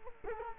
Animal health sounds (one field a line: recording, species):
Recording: mosquito wingbeat signal from an infrared sensor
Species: Culex quinquefasciatus